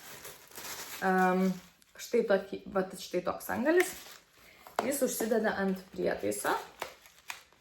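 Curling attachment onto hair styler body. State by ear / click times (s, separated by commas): seated / 7.3 s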